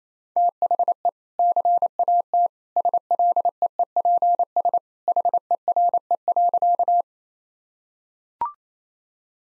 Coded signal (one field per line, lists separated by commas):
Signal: Morse code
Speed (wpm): 28 wpm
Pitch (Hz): 700 Hz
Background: none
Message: THE CAT SLEEPS HERE.